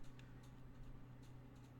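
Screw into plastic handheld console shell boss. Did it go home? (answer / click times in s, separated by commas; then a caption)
no / none. A shell screw is turned backwards into a fresh plastic Game Boy Color shell boss to find the thread start. Only faint, scattered ticks are heard over a steady low hum. No click sounds and nothing seats, because the holes have no threads cut yet.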